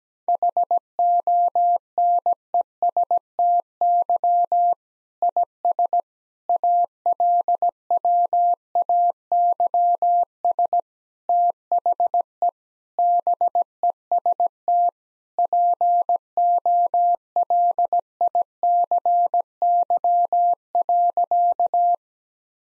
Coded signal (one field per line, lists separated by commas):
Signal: Morse code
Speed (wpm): 17 wpm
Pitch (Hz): 700 Hz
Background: none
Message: HONESTY IS ALWAYS THE BEST POLICY.